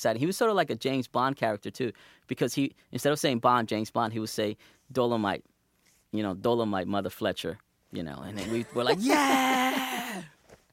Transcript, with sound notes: He was sort of like a James Bond character too, because he -- instead of saying, "Bond, James Bond," he would say, "Dolomite," you know, "Dolomite, mother-fletcher," you know...
(laughs)
... and we were, like, Yeah!